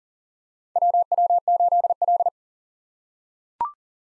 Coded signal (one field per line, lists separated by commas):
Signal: Morse code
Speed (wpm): 40 wpm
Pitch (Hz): 700 Hz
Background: none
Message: WW8L